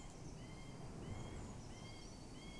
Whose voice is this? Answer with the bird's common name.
Eurasian Blue Tit